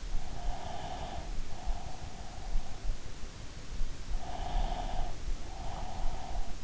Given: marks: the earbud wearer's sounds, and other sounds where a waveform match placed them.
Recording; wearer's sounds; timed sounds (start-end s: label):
sounds in sleep by an in-ear microphone; breath
0.36-3.01 s: breath
4.44-6.64 s: breath